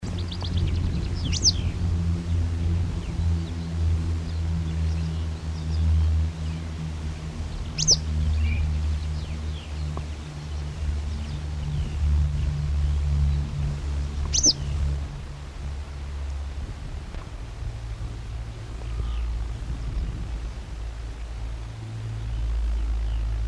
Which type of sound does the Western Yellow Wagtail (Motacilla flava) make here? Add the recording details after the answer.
call. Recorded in the wild. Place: Krombachtalsperre, DE. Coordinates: 50.6217, 8.12722. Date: 1964-05-10. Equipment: Uher Report 4000, AKG D190. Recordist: Krey, Winfried